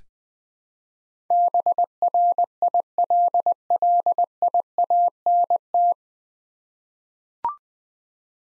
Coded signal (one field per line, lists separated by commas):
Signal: Morse code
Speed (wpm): 20 wpm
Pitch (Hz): 700 Hz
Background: none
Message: BRILLIANT